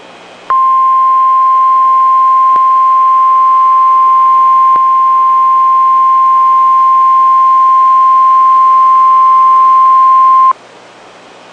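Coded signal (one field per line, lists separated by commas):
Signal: Emergency Alert System (SAME) tones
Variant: 1050 Hz attention tone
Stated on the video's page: Severe thunderstorm warning received on NOAA Weather Radio.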